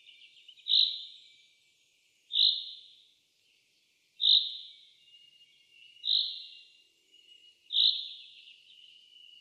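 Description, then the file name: Common chaffinch, clear clipped call notes repeated every couple of seconds. "Fringilla coelebs"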